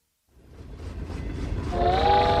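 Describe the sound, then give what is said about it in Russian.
A train gathering speed rumbles and clatters on the rails with a rhythmic beat that grows steadily louder, then a sustained whistle tone joins the low rumble near the end. “Поезд набирал ход и увозил гномика в настоящую Москву, далекую, красивую и родную.”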